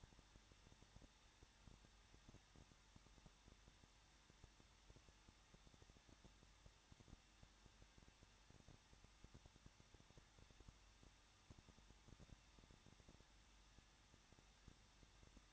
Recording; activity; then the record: daily activity, microphone in the room; no activity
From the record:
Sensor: 3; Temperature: 21.2 degrees Celsius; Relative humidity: 36.3%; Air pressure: 1006.2 hPa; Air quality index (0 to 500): 222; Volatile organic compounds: 41 ppm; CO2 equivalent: 3168 ppm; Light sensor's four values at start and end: 2/3/2/2 and 2/3/2/2